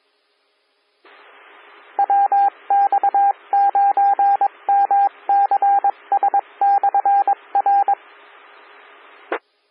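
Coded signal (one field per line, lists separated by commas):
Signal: Morse code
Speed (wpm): 21 wpm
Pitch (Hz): 800 Hz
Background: radio noise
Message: WX9MCS/R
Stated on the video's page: Morse ident of a 147.255 MHz SKYWARN repeater.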